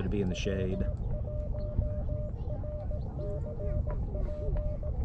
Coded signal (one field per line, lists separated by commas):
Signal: Morse code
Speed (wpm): 17 wpm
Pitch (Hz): 600 Hz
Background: speech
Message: W1RCP